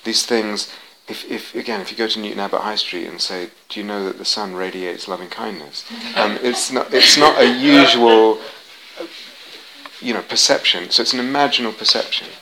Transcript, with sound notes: These things, again, if you go to Newton Abbot high street and say, "Do you know that the sun radiates loving-kindness?" [laughter] It's not a usual perception, so it's an imaginal perception.